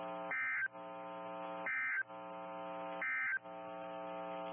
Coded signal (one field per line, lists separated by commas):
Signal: Emergency Alert System (SAME) tones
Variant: end-of-message bursts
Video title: EAS Timeline: Deadly Derecho Strikes Downtown Sioux Falls, South Dakota NOAA Weather Radio